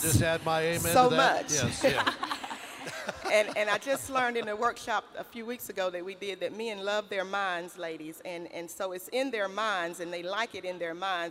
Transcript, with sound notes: I’ll just add my “Amen” to that. (laughter)
I just learned in a workshop a few weeks ago that we did that men love their minds, ladies, and so it’s in their minds, and they like it in their minds.